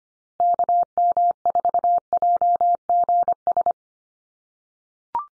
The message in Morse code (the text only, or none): KM4JGS